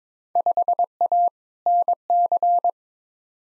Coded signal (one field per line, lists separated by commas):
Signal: Morse code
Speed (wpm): 22 wpm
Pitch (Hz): 700 Hz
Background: none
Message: 5A NC